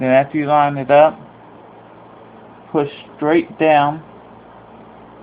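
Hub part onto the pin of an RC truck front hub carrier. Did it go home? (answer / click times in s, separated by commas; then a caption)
no / none. Someone talks over a steady low hum while a plastic hub part, its groove lined up with the pin, is handled to be pushed straight down onto the front hub carrier of a Traxxas Slash Ford Raptor SVT RC truck. Nothing has seated or clicked yet.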